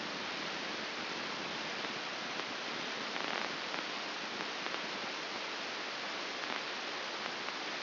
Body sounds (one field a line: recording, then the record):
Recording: brain microelectrode recording played as sound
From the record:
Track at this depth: outside the subthalamic nucleus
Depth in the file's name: 8.504 mm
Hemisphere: left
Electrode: 2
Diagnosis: Parkinson's disease